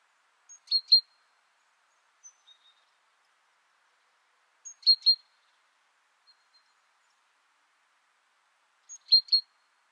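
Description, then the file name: Great tit calls: a thin high note and two sharp chirps repeated roughly every four seconds, with a few faint softer notes between. "Parus major"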